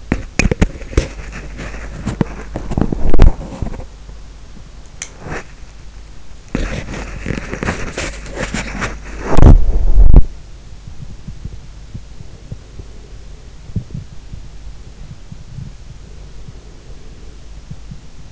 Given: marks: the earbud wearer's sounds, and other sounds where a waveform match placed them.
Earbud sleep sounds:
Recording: sounds in sleep by an in-ear microphone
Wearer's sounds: body movement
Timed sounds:
0.00-18.31 s: body movement

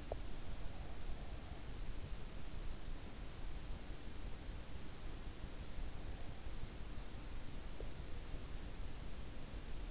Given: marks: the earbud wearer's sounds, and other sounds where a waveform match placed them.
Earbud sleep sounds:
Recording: sounds in sleep by an in-ear microphone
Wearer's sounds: teeth grinding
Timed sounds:
0.00-0.26 s: teeth grinding

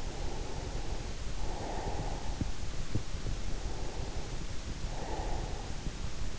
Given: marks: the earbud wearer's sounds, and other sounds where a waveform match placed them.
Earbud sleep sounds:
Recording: sounds in sleep by an in-ear microphone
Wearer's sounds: breath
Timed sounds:
0.00-2.98 s: breath
3.50-6.36 s: breath

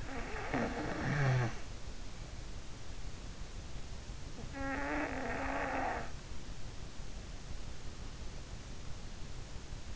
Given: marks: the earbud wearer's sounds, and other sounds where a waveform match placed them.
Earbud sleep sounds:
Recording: sounds in sleep by an in-ear microphone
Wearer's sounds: snoring breath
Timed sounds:
0.00-1.62 s: snoring breath
4.37-6.18 s: snoring breath

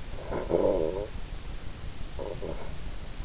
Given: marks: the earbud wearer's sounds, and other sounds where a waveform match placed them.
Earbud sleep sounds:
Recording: sounds in sleep by an in-ear microphone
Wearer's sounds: snoring breath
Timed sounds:
0.03-3.12 s: snoring breath

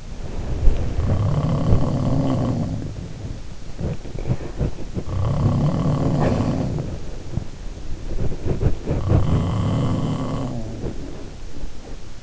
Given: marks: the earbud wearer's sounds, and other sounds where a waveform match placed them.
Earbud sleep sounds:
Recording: sounds in sleep by an in-ear microphone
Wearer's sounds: body movement, breath, teeth grinding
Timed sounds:
0.00-12.23 s: body movement
0.81-3.06 s: sound from someone else or the room
6.15-7.34 s: breath
8.81-10.88 s: sound from someone else or the room
10.63-12.04 s: teeth grinding

